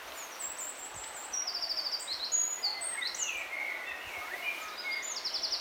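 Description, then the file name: Eurasian wren song: scattered high whistles and short trills, ending in a quick rattle, over a steady background hiss. "Troglodytes troglodytes"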